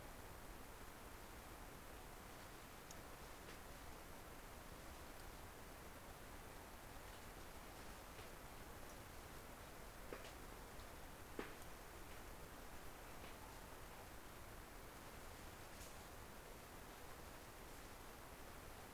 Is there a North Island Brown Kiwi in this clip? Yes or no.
no